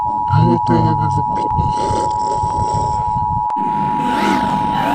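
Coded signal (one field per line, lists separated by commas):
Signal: Emergency Alert System (SAME) tones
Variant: 853 and 960 Hz attention tone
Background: speech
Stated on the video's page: Fictional EAS scenario.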